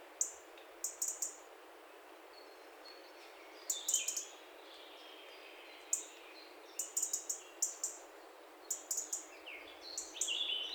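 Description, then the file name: European robin ticking in rapid high bursts. "Erithacus rubecula"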